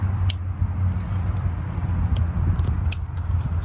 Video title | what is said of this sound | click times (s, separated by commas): DIY 1996 1997 1998 1999 2000 2001 Lexus ES 300 Replacing Knock Sensor | you hear a nice click just like that okay | 0.3 s, 2.9 s